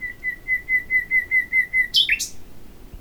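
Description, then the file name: Common nightingale song opening with a long series of evenly spaced pure whistled notes on one pitch, followed by two harsh loud bursts. "Luscinia megarhynchos"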